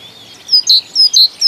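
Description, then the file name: Great tit song of ringing two-note phrases, high then lower, repeated steadily. "Bogatka"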